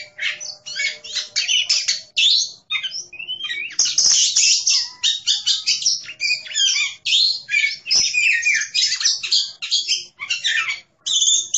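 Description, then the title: Oriental magpie-robin singing a dense, nonstop stream of varied high chirps, trills and whistled notes with only brief pauses, loud and energetic throughout. "Kacer"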